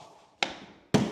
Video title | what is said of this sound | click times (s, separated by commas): How to install Vinyl plank flooring | oh that was a nice click stand that is the code standard | 0.4 s